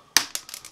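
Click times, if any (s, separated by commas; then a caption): 0.2 s. Prying the plastic bottom cover off an MSI Modern 15 laptop, with some screws still in place, releases its plastic retaining clips from the chassis. A loud crack at 0.2 s is followed by a quick run of fading snaps, some of which may be cover parts shifting. The cover's clips pop open.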